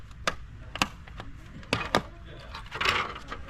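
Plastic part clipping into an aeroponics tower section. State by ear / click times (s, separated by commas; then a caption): seated / 0.3 s, 1.7 s. A plastic section of an aeroponics tower is pressed into its clip lock during unboxing and assembly. Sharp plastic clicks are heard at 0.3 s and 1.7 s, with other smaller knocks and handling noise around them. The tower section locks in place.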